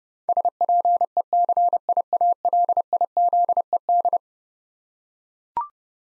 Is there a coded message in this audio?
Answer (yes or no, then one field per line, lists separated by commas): yes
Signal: Morse code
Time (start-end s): 0.3-4.2 s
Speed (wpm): 30 wpm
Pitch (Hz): 700 Hz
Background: none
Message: SPECIALIZED